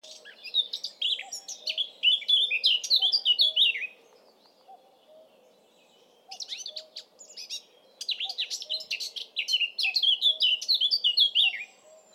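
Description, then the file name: Eurasian blackcap warbling rapidly in three phrases of jumbled, twittering notes, with quiet gaps between them, over faint low background sound. "Sylvia atricapilla"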